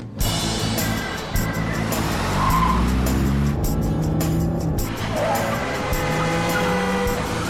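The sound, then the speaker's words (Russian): A wrecked car's engine roars and revs as it races through a city, tires squealing and skidding, the pitch sweeping up and down through repeated accelerations. Loud and continuous over several seconds, with no talking. “Он на разбитой машине мчит по Алло, городу.”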